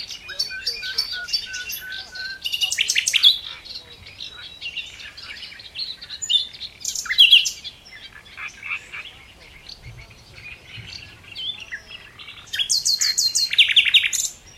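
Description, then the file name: Common nightingale song over about fifteen seconds: bursts of rapid rattling notes, whistled slurs and sharp chips, separated by quiet gaps, ending in a loud repeated-note phrase. "Luscinia megarhynchos"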